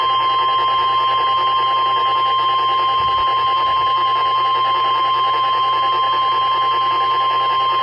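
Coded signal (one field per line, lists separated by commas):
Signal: Emergency Alert System (SAME) tones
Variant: 1050 Hz attention tone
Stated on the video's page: Severe thunderstorm and tornado warnings, including double headers, from the NOAA Weather Radio transmitter at Pecos, Texas, during a severe weather outbreak.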